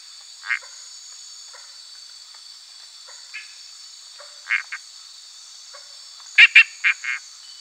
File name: Boana dentei CM PG